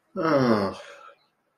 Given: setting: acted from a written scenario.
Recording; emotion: vocal sound without words; embarrassment